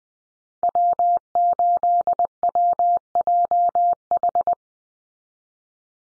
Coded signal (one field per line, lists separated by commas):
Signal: Morse code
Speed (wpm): 20 wpm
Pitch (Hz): 700 Hz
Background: none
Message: W8WJH